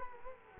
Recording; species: mosquito wingbeat signal from an infrared sensor; Culex quinquefasciatus